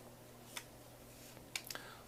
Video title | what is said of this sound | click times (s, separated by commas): Build the Millennium Falcon - Issue 17 | are in place um I could just hear them snapping in place there | 1.6 s